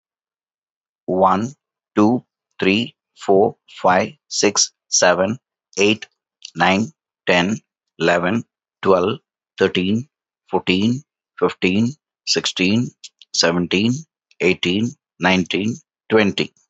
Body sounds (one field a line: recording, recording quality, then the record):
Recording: counting at a normal pace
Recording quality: excellent, no background noise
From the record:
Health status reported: healthy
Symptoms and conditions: none ticked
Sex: male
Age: 54 years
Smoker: not ticked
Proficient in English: yes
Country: India